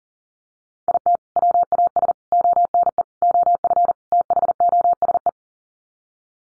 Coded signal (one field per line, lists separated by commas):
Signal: Morse code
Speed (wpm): 40 wpm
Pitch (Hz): 700 Hz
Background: none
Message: IT WAS ONE OF THOSE